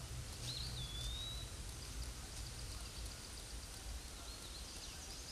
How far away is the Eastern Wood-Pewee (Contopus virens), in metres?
about 45 m